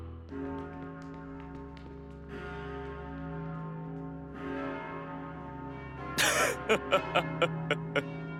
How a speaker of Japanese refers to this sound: 混沌の到来を告げる鐘の音が響く。